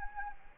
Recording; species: mosquito wingbeat signal from an infrared sensor; Anopheles arabiensis